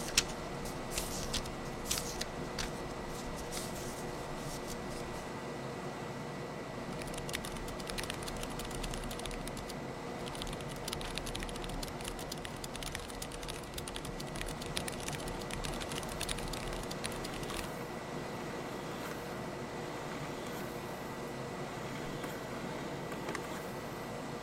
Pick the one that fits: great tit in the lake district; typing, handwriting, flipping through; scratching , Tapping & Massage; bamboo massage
typing, handwriting, flipping through